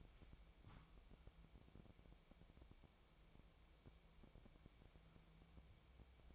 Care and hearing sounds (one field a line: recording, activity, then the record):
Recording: daily activity, microphone in the room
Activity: wipe stove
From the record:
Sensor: 1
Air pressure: 1001.6 hPa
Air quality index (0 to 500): 218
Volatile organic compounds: 27 ppm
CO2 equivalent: 2894 ppm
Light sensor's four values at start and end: 7/28/10/11 and 7/28/10/11